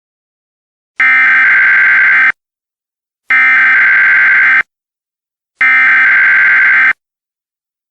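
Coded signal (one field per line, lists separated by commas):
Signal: Emergency Alert System (SAME) tones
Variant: header bursts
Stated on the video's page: Fictional EAS scenario, simulated alert.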